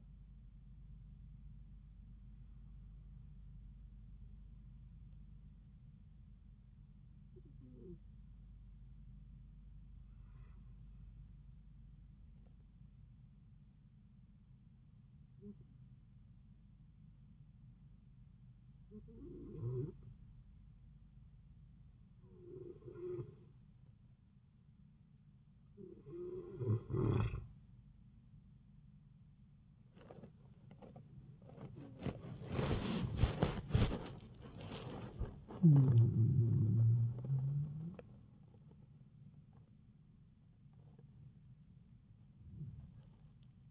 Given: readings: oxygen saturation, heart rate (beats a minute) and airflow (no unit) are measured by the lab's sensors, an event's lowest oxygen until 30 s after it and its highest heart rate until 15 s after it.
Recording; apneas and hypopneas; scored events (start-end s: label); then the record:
breathing in sleep by a smartphone at the bedside; 1
2.00-32.00 s: new sleep stage, N2 (light sleep)
7.00-25.90 s: hypopnea (N2, oxygen 95% highest, then 91% lowest)
32.00-43.70 s: new sleep stage, awake
36.00-43.70 s: awake
From the record:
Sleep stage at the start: N1 (lightest sleep); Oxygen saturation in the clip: 91 to 95%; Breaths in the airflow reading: 9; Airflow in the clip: -10.6 to 13.3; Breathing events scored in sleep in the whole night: 270 in 6.1 hours asleep